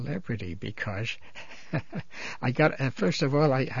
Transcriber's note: he laughs